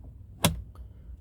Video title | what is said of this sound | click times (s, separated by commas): Car AC Filter Cabin Air Filter Cleaning and Replacement | You'll hear the clicking sound, and that's the lock going into place, and there you go, your AC filter has been replaced. | 0.4 s